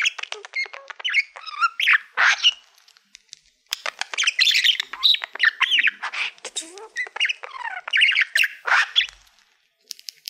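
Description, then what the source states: Budgerigar warbling almost continuously, a mix of ticking clicks, squeaky rising notes and buzzy chirps, with a short silence about a third of the way in and another near the end. Budgie making happy sounds.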